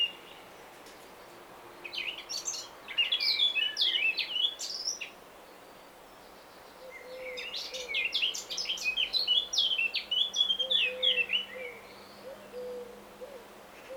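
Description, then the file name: Eurasian blackcap delivering two lively warbling phrases of quick, scratchy and clear notes, with faint soft low whistles in the later part. "Sylvia atricapilla"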